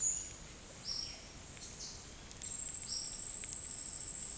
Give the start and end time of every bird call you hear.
0.00s-1.28s: bird call
2.77s-4.38s: bird call

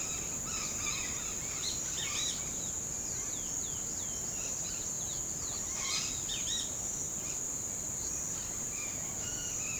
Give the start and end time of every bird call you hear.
0.00s-2.37s: bird call
2.83s-4.29s: bird call
4.62s-6.66s: bird call
8.73s-9.80s: bird call

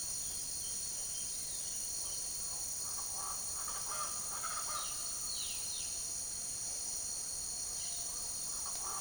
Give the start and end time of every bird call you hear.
2.27s-5.84s: bird call
8.36s-9.01s: bird call

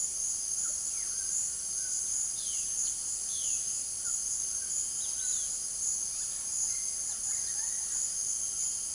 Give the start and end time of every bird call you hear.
0.86s-2.01s: bird call
2.28s-2.80s: bird call
3.20s-3.63s: bird call
4.87s-5.67s: bird call
6.66s-8.02s: bird call

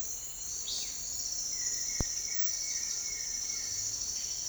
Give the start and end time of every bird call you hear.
0.60s-0.92s: bird call
1.48s-3.87s: bird call

